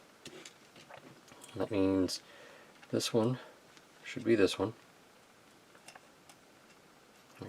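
A plastic piece from an NCC-1701-D Enterprise model kit is handled and lined up against the model assembly while someone talks, working out where it goes before it is pressed home. Faint ticks and taps of handling come at about 0.3, 0.5, 1.4, 5.9 and 6.3 s. Nothing has seated or clicked into place yet in this clip.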